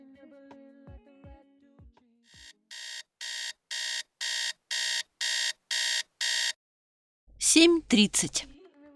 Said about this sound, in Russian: Он открыл глаза под пиликающий звук будильника, встал с постели и, почесываясь, вышел из комнаты.